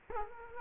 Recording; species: mosquito wingbeat signal from an infrared sensor; Culex quinquefasciatus